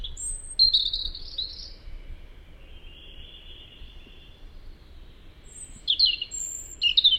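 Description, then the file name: European robin song: a high wavering phrase, a soft drawn-out thin note, then more sharp twinkling notes at the end. "Erithacus rubecula"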